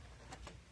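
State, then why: Seated. A cut-and-emboss die is positioned with a piece of cardstock in an embossing folder. A soft, brief click is heard at 0.5 s as the die settles into position in the folder, confirming it is seated.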